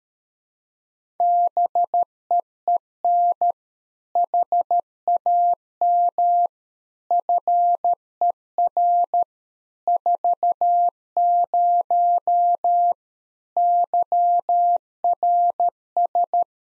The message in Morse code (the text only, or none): BEEN HAM FER 40 YRS